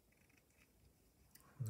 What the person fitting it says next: Satisfying click.